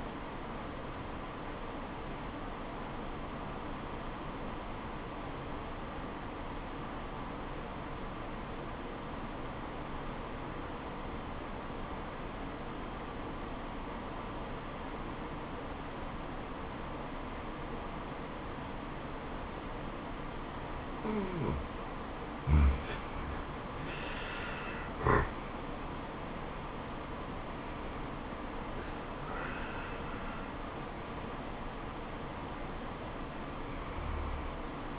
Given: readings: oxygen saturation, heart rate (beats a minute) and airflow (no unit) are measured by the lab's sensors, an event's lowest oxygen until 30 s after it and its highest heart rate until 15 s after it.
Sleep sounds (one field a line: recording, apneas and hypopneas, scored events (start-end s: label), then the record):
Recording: breathing in sleep by a voice recorder at the bedside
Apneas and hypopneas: 1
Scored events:
3.00-24.10 s: obstructive apnea (N2, oxygen 96% highest, then 90% lowest, heart rate 76 at the start, 79 highest)
15.00-34.98 s: new sleep stage, N1 (lightest sleep)
From the record:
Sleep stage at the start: N2 (light sleep)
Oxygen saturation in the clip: 91 to 96%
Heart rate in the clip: 67 to 79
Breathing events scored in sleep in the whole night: 426 in 7.4 hours asleep